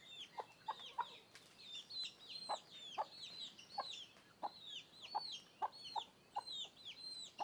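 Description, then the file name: Chickens: busy high-pitched chick cheeping in descending slurs, punctuated by irregular short hen clucks. Hens and chicks walking around the microphone. "Galinhas e pintinhos andando em volta do microfone"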